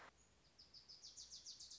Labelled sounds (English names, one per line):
Wilson's Warbler